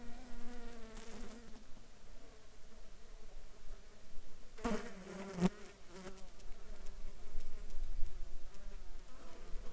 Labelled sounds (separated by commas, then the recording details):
insects
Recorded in Ivvavik National Park, Yukon, on 12 July 2019 at 14:55
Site SINP03